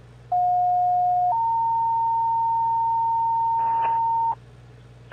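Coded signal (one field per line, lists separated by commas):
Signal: two-tone page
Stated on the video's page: Scanner audio from live storm-chasing coverage of a confirmed tornado in the central U.S.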